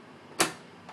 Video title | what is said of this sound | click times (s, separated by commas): Machine Embroider Doll Face | till you hear it lock in place | 0.4 s